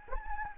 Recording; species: mosquito wingbeat signal from an infrared sensor; Anopheles gambiae